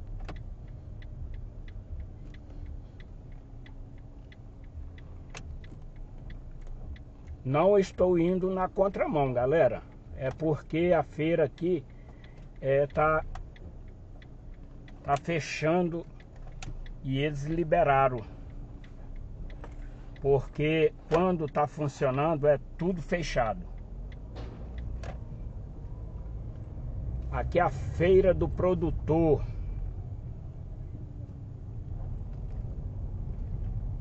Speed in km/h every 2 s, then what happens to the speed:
5, 5, 4, 3, 3, 0, 0, 0, 4, 3, 3, 7, 11, 17, 15, 13, 17.
0-9 steady at about 4. 9-14 standing. 14-21 steady at about 3. 21-26 speeds up to 17.